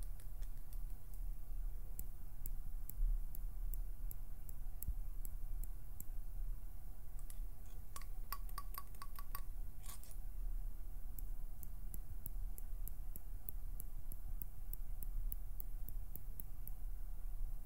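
Small plucking and pinching sounds tick at a steady pace over a low, constant rumble that runs the whole time. Around eight to ten seconds the clicks bunch into a quicker fluttering run, then settle back to the even ticking.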